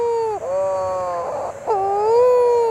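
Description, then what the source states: Shearwater: mutton bird giving a long, moaning harmonic wail, broken by a short rough patch, then a sustained tone. Mutton bird (shearwater) on an island for its yearly breeding visit, waddling beside a path looking lost; after crash-landing it calls to its partner, then seeks its burrow from last time.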